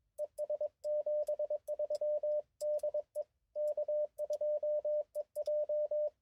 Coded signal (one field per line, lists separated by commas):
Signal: Morse code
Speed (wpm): 22 wpm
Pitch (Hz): 600 Hz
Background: radio noise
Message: ES 73 DE K2EJ